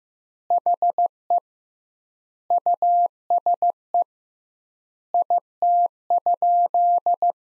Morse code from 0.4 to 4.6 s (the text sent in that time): HE USE